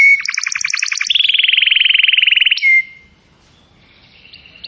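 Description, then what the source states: Atlantic canary song with a fast chattering trill that drops into a long rolling buzzy trill, ending in a short whistle before near silence. Canary song used as a lure to attract birds.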